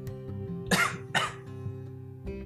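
Two short, sharp coughs about half a second apart from an adult, each a brief harsh burst of air with no wheeze or whoop, over a faint steady room hum. This is a lingering cough after COVID-19 that is gradually getting better.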